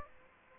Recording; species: mosquito wingbeat signal from an infrared sensor; Aedes aegypti